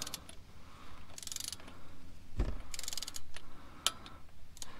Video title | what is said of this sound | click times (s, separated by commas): Rav4 Oil Filter Stuck is FIXED!!! 2007-2012 [Complete Guide] | you just heard it click so that is done | 3.9 s